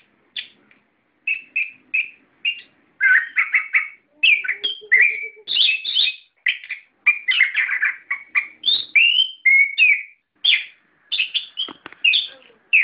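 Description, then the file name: Songbird singing a long varied sequence of quick chirps, trills and clear whistled notes, nearly continuous after a slow start. Masteran recording, used to train other cage birds to sing. "masteran omkicau"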